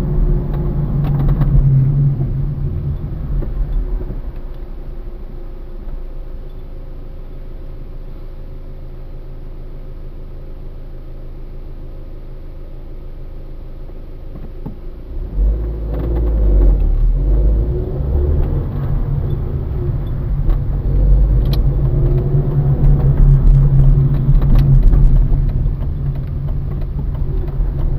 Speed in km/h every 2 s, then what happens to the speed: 24, 5, 0, 0, 0, 0, 0, 0, 12, 18, 22, 25, 14, 12.
0-4 brakes to 0. 4-15 standing. 15-21 pulls away to 25. 22-28 slows to 12.